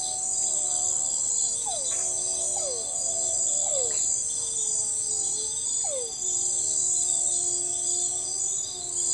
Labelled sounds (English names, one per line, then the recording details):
none
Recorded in forest near Pivijay, Magdalena, Colombia, on 17 April 2023 at 02:00
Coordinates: 10.467, -74.380
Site Z5-G034